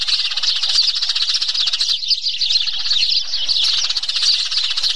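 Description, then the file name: Sparrow: constant high-pitched twittering of many sparrows, a busy overlapping flock chorus of quick chirps without any break. "tieng se chuan"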